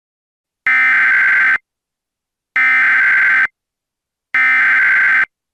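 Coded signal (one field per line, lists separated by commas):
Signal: Emergency Alert System (SAME) tones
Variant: header bursts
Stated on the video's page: Fictional EAS scenario; contains valid tones.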